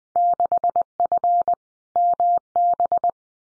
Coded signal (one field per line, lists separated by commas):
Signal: Morse code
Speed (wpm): 20 wpm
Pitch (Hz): 700 Hz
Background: none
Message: 6F MB